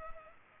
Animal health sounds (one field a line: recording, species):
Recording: mosquito wingbeat signal from an infrared sensor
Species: Culex pipiens